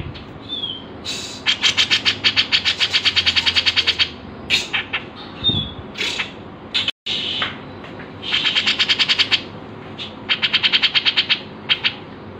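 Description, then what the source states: Grey-cheeked bulbul in rapid repeated bursts of harsh ticking notes, with short whistles between runs and a momentary break in the sound. Masteran, a training recording used to tutor songbirds.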